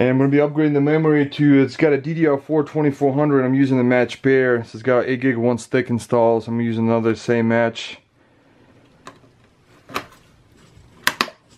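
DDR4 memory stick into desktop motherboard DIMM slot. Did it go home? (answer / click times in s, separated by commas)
yes / 11.1 s, 11.2 s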